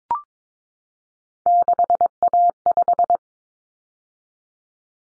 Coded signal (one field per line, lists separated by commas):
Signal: Morse code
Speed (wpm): 22 wpm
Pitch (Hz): 700 Hz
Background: none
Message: 6A5